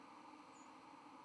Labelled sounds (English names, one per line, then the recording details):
White-throated Sparrow flight call
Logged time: 09:30 on 31 October 2014